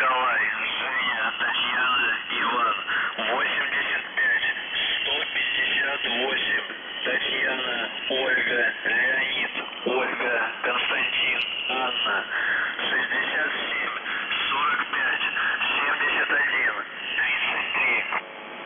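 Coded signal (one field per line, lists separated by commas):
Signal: numbers station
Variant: UVB-76 voice message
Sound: a male voice reading a message over a narrow, slightly distorted radio channel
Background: radio static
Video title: The Buzzer/UVB-76 Voice Message May 3, 2021 9:36 UTC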